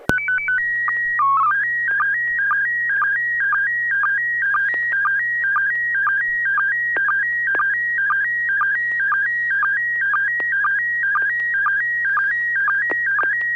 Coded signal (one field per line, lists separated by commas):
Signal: SSTV (slow-scan television)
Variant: PD 120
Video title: N6NA SSTV Net - 01/04/2023